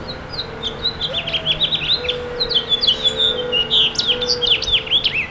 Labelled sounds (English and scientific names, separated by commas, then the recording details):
House Finch (Haemorhous mexicanus) song
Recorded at Babylon on Long Island, New York, on 18 May 2013
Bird F